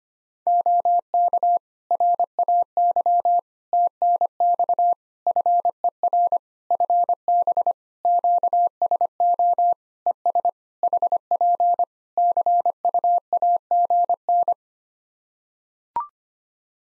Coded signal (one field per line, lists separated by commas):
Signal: Morse code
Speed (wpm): 25 wpm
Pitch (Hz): 700 Hz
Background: none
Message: OK RAY TNX FER FB QSO ES HP CUAGN